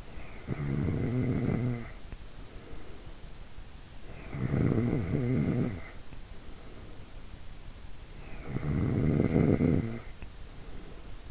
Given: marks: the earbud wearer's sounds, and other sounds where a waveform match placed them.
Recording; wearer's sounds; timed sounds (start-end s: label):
sounds in sleep by an in-ear microphone; snoring breath
0.00-3.20 s: snoring breath
3.88-7.26 s: snoring breath
8.00-11.31 s: snoring breath